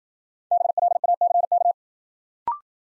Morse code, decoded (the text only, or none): BLACK